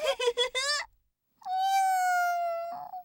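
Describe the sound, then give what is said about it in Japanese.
A lost kitten with black ears and a black tail meows: a quick run of four short, high chirps, a brief pause, then one long, steady, drawn-out meow that dips lower just before it ends. “あれ、猫だ。”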